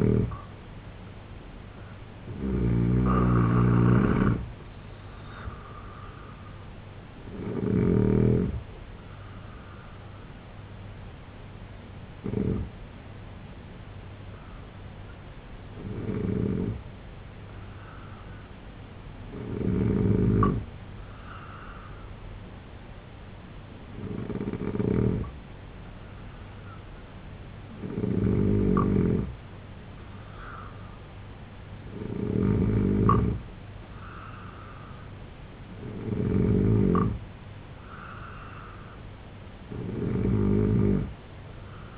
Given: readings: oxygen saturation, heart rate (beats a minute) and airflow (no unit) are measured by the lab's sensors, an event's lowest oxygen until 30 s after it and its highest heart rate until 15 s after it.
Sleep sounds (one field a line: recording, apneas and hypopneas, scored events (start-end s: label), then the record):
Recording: breathing in sleep by a voice recorder at the bedside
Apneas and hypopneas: none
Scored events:
22.00-41.98 s: new sleep stage, N3 (deep sleep)
From the record:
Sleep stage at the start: N2 (light sleep)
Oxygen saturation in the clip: 83 to 90%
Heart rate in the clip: 66 to 83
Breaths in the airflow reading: 10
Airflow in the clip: -4.1 to 5.6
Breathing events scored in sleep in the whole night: 258 in 7.4 hours asleep